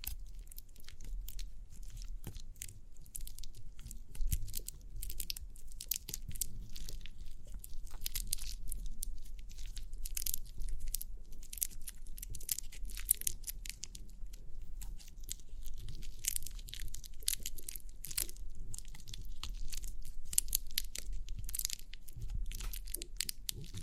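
Crinkly pimple popping sounds: a dense, continuous run of sharp crackles, crinkles and small tearing clicks that carries through all 24 seconds without pause. The clicks are bright and rapid, over a steady low rumble, with a few louder snaps around five and thirteen seconds.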